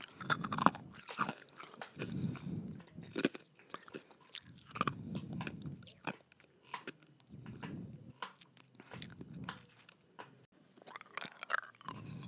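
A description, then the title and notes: Someone sucks and bites on ice, with sharp crunching snaps scattered throughout and wet, slurping pulses between them. The bites come irregularly, roughly every second or two, each a bright crack, while low mouth sounds swell and fade in short bursts. ASMR Sucking and Biting Ice.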